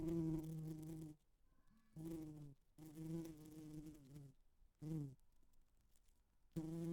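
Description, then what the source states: Bee buzzing in bursts of low droning hum, separated by quiet pauses. Buzzing against a window, in stereo.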